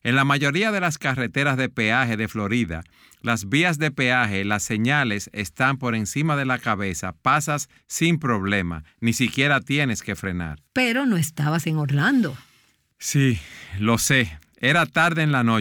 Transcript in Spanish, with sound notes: En la mayoría de las carreteras de peaje de Florida, las vías de peaje, las señales están por encima de la cabeza, pasas sin problema. Ni siquiera tienes que frenar.
Pero no estabas en Orlando.
(Suspiro) Lo sé. Era tarde en la noche.